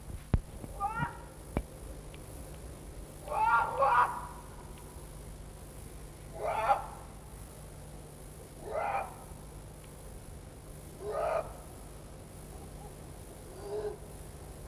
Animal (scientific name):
Felis chaus